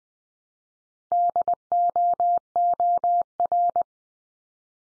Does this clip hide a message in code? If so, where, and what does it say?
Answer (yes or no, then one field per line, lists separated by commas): yes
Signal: Morse code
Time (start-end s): 1.1-3.8 s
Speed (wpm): 19 wpm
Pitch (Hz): 700 Hz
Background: none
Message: DOOR